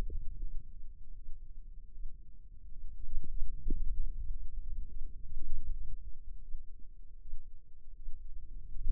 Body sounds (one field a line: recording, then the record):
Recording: forearm muscle sounds (acoustic myography)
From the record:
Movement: radial deviation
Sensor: system 2, bracelet of six BSWA MPA416 microphones around the upper forearm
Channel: 2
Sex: female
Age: 25 years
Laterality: right